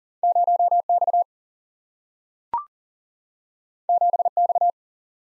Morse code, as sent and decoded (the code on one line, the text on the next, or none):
----- / -..- / --... / -..-
0 X 7 X